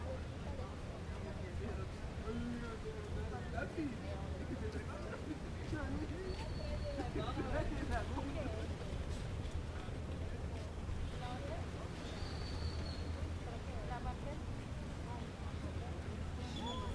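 People chat steadily throughout, several voices overlapping in a busy babble over a constant low rumble of ocean waves. The level stays even for the whole stretch, with a few brief high chirps of birds around six and twelve seconds.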